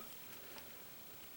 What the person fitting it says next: That snaps into place.